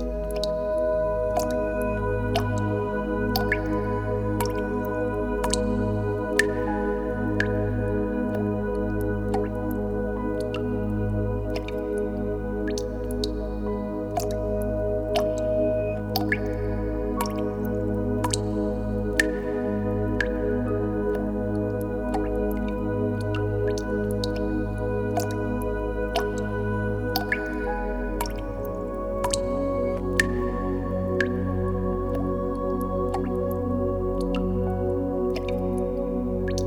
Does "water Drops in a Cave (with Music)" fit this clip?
yes